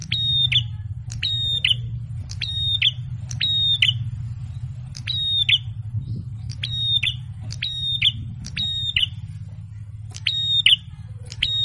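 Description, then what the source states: Prinia calling steadily: a long run of harsh, even-pitched buzzes, each starting with a click, repeated at short intervals over a constant low hum. Masteran training recording; red-headed prenjak (prinia) in full song (gacor), a pleasant song meant to make rival birds answer.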